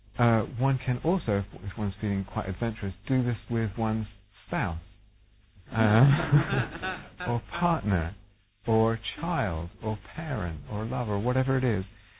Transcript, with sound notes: One can also -- if one is feeling quite adventurous -- do this with one's spouse. [laughter] Or partner, or child, or parent, or lover, whatever it is.